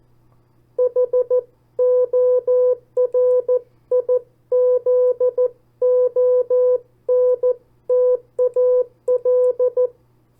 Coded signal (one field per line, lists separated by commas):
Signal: Morse code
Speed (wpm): 14 wpm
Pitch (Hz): 500 Hz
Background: none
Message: HORIZONTAL